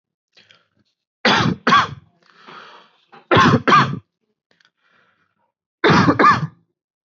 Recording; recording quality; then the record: heavy voluntary cough; excellent, no background noise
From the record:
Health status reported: healthy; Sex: male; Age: 32 years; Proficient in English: yes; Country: India